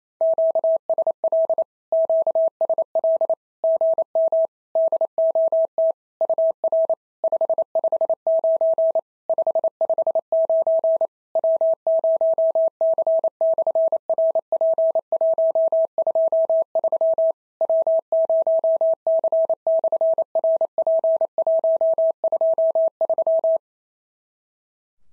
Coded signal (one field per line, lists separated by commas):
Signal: Morse code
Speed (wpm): 28 wpm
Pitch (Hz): 650 Hz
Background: none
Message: QSL QSL GM DOT UR 559 559 W0C/RP123 W0C/RP123